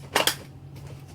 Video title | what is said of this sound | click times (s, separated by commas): How To Gauge Pod Lamborghini Gallardo Custom Speedometer Face Overlay | snaps back in place | 0.2 s, 0.3 s